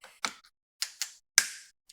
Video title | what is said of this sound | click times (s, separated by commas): How to properly mount your scope for long range shooting. | How you actually use a torque wrench is you turn it until it clicks. | 1.4 s